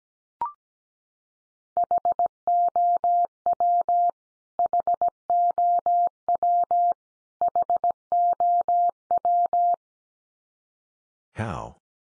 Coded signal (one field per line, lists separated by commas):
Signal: Morse code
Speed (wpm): 17 wpm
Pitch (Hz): 700 Hz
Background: none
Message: HOW HOW HOW